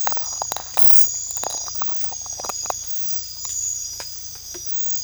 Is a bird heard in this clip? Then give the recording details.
no. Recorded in secondary vegetation near Puerto Asís, Putumayo, Colombia, on 16 December 2024 at 04:00. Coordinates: 0.499, -76.323. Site G010